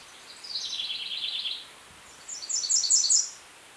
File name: Setophaga ruticilla - American Redstart